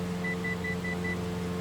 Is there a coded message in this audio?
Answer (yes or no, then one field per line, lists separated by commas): no